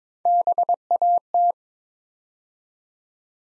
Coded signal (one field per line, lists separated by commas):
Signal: Morse code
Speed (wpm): 22 wpm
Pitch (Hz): 700 Hz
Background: none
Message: BAT